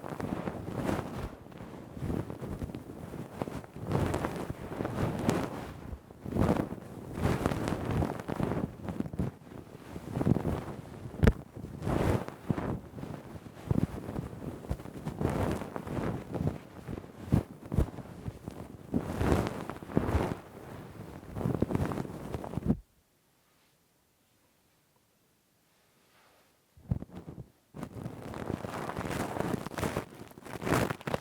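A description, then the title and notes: Rough, deep ear cleaning with a Q-tip and ear pick: dense, crackly scraping and rubbing in quick, irregular strokes that fill the first 23 seconds. A sudden silence follows for about four seconds, broken by a short scratch, then the scraping resumes. Intense Rough Deep Ear Cleaning w Q-tip, Ear Pick. (No Talking).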